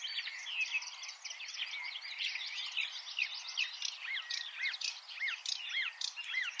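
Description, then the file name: Marsh warbler song, soft and hurried, mixing twitters, scratchy notes and repeated arched whistles. "suara kicauan burung marsh warbler. omkicau"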